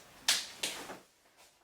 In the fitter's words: You're simply going to snap the snaps into place